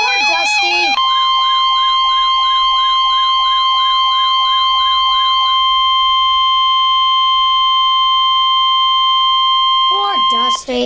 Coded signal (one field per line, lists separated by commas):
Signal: Emergency Alert System (SAME) tones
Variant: 1050 Hz attention tone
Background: speech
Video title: EAS #21 Severe Thunderstorm Warning